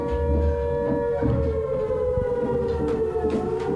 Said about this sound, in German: Was haben Sie denn noch draußen gemacht? Haben Sie die Sirene nicht gehört? Hier sind wir in Sicherheit.